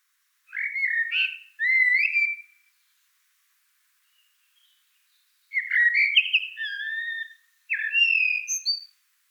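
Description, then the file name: Common blackbird song: fluty whistled phrases with rising and falling slurs and squeaky high twitters, delivered in two bouts with a pause between. "Turdus merula"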